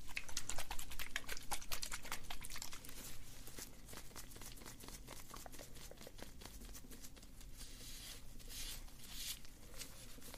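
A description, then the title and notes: Hair brushing and scalp scratching make quick, crisp strokes that come in dense, uneven bursts, bright and hissy. The first couple of seconds are busiest and loudest, then the strokes continue slightly softer over a steady low hum. Hair & Scalp Analysis, Hair Brushing, Scalp Massage, Oil Treatment.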